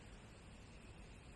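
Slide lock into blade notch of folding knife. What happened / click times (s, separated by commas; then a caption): Handled, not yet home: the lock has not snapped into place / none. A Microtech MSI folding knife is handled as its metal blade is opened toward the point where the slide lock snaps into the notch in the back of the blade to hold it open. Only a steady broadband hiss is heard with no distinct click, and nothing has seated yet.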